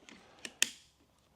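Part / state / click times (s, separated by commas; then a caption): magazine into air rifle receiver / seated / 0.6 s. A loaded magazine is slid into the side slot of a Karma Airguns SLS .22 caliber side-lever pre-charged pneumatic air rifle, with the bolt already pulled back. Two lighter clicks come at about 0.1 and 0.5 seconds, then a sharp, loud click at 0.6 seconds as the magazine seats home. A short, fading tail follows.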